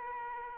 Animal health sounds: mosquito wingbeat signal from an infrared sensor; Aedes aegypti

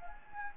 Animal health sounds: mosquito wingbeat signal from an infrared sensor; Anopheles gambiae

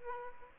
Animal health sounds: mosquito wingbeat signal from an infrared sensor; Aedes aegypti

